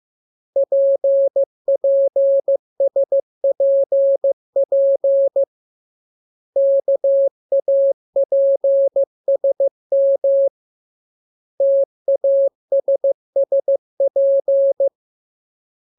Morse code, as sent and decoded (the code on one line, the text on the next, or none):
.--. .--. ... .--. .--. / -.- .- .--. ... -- / - .- ... ... .--.
PPSPP KAPSM TASSP